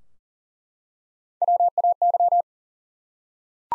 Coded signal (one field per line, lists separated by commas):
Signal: Morse code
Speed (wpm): 40 wpm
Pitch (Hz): 700 Hz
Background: none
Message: WAY